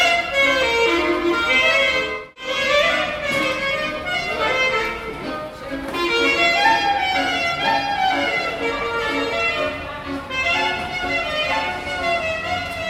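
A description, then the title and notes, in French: Two musicians play traditional music in a tunnel, sustained, reedy tones weaving a busy melody over a steady low drone. The playing is loud and continuous apart from a brief pause near the two-second mark, with a hollow, echoing ring around the notes. Budapest, musique hongroise. 2 musiciens jouent de la musique traditionnelle sous un tunnel.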